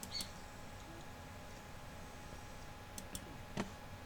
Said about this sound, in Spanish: Se escuchan los clic, clic, clic, clic.